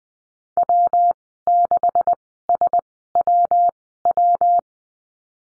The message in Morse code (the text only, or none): W6SWW